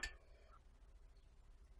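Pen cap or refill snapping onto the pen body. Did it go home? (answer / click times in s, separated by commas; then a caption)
no / none. A Xiaomi Mijia rollerball pen is handled, its cap or refill part meant to snap onto the top of the pen body. A brief sharp sound at 0.03 s gives way to low, quiet handling noise. Nothing has seated or clicked yet.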